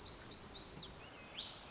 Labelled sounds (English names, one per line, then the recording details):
Black-throated Gray Warbler
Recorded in Sonoma County, California